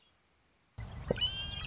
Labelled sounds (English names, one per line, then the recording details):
Red-winged Blackbird
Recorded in Sonoma County, California